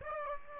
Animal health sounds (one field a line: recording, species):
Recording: mosquito wingbeat signal from an infrared sensor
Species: Aedes aegypti